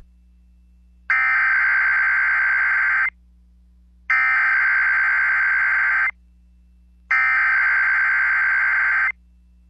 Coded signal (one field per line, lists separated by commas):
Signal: Emergency Alert System (SAME) tones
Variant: header bursts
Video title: EAS Tornado Watch #523 Texas/Oklahoma (SPC Moderate Risk!) NOAA Weather Radio +WeatherSTAR4000